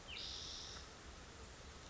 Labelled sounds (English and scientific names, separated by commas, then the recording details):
Spotted Towhee (Pipilo maculatus)
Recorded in Sonoma County, California